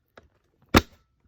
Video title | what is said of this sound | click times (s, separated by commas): Unboxing and Assembling HP P24h G4 Monitor | so there's the click | 0.8 s